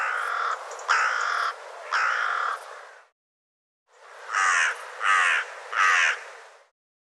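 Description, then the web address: Bird giving harsh, raspy caw-like calls: three in quick succession, a pause of about a second, then three more evenly spaced calls. "cianscape birddata Deverinetal 2025"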